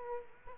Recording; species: mosquito wingbeat signal from an infrared sensor; Aedes aegypti